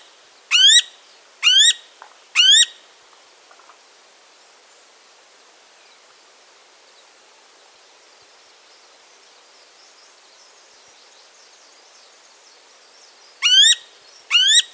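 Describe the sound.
Crimson-mantled Woodpecker calls: three harsh, rising squawks about once a second, a long quiet pause, then two more squawks near the end.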